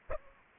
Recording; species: mosquito wingbeat signal from an infrared sensor; Aedes albopictus